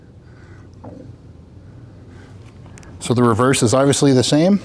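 A new plastic front grille emblem (part 53141-50040) for a Lexus GS-F or RC-F is handled near its mount on the grille and radar sensor cover, with faint taps around 0.8 s and 2.8 s over low background noise. Someone talks from about 3 s. Nothing has seated yet; the emblem's bottom clip has not clicked into the mount.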